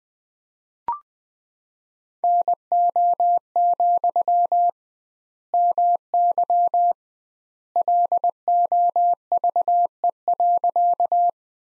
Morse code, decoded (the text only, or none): NO, MY LOVE.